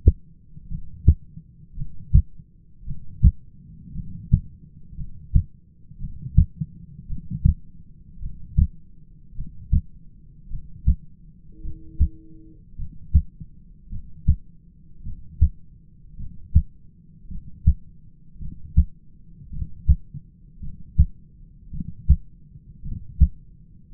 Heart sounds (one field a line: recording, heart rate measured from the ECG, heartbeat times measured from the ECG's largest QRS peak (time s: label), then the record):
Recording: heart sounds by stethoscope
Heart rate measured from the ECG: 54 bpm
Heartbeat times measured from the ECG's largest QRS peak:
0.69 s: heartbeat
1.77 s: heartbeat
2.86 s: heartbeat
3.94 s: heartbeat
4.96 s: heartbeat
5.99 s: heartbeat
7.08 s: heartbeat
8.21 s: heartbeat
9.35 s: heartbeat
10.50 s: heartbeat
11.63 s: heartbeat
12.77 s: heartbeat
13.90 s: heartbeat
15.03 s: heartbeat
16.17 s: heartbeat
17.28 s: heartbeat
18.39 s: heartbeat
19.50 s: heartbeat
20.60 s: heartbeat
21.71 s: heartbeat
22.82 s: heartbeat
From the record:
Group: heart failure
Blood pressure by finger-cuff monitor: 96/60 mmHg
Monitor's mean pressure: 71 mmHg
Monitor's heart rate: 54 bpm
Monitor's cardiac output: 6 L/min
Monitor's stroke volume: 107 mL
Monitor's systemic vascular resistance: 880 dyn s/cm5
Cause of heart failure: dilated cardiomyopathy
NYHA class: 2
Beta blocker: bisoprolol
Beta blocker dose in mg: 10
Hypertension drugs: sacubitril-valsartan, spironolactone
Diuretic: furosemide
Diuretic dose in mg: 40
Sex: male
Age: 29 years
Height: 174 cm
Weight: 92 kg